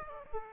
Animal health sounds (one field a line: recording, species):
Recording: mosquito wingbeat signal from an infrared sensor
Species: Aedes aegypti